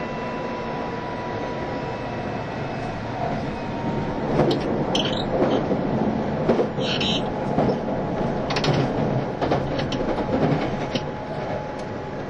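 A JR East E351 series tilting train on a Super Azusa run, heard as a steady low rumble with a faint whine held throughout. From about four seconds the ride grows rougher, with rattling clicks, clanks and brief squeals scattered until near the end.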